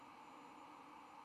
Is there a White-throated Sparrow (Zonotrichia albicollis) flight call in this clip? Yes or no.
no